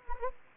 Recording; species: mosquito wingbeat signal from an infrared sensor; Anopheles gambiae